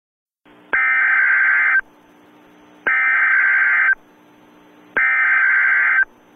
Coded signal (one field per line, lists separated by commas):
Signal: Emergency Alert System (SAME) tones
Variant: header bursts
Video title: FOX 51 is counducting a test of the EAS